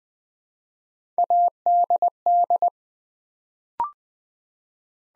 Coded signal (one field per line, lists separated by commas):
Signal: Morse code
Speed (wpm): 20 wpm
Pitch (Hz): 700 Hz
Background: none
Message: ADD